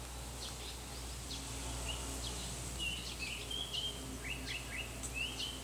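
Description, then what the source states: Black paradise flycatcher whistles, short upslurred notes repeated in a quick series, with a low continuous hum underneath. June 2025; described as a distinctive bird call that can be heard at this time of year.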